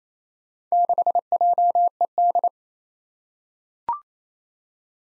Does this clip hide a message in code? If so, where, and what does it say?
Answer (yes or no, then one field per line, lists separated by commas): yes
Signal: Morse code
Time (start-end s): 0.7-2.5 s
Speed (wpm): 27 wpm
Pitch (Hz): 700 Hz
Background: none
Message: 6JED